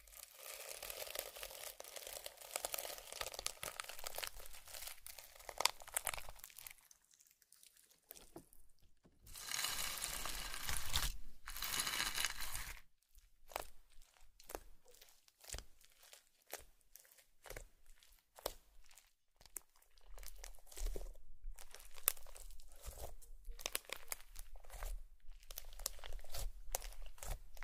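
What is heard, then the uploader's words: Slime is squished and worked, with a dense crinkly crackling for the first six seconds. After a pause come two loud, bright hissing squelches around nine to twelve seconds, then a long run of quick, irregular sharp pops and clicks to the end. Slime Sounds.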